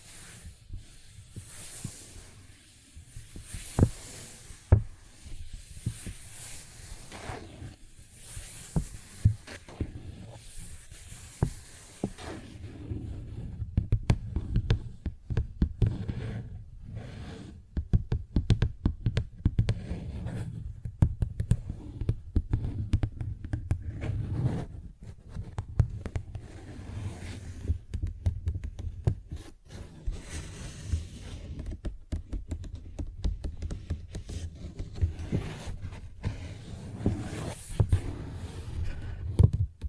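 Paper bag being tapped and scratched, with many short, irregular clicks and taps scattered across the whole stretch and a low, steady rumble underneath. For roughly the first twelve seconds, soft hissy scratching swells in and out above the taps; afterward the taps grow denser and more varied.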